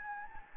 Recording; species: mosquito wingbeat signal from an infrared sensor; Anopheles gambiae